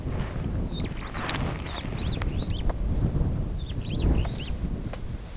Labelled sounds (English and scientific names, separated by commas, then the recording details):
Superb Starling (Lamprotornis superbus) flight call
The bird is a female
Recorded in Kenya on 21 July 2010
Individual 91, of group SRB1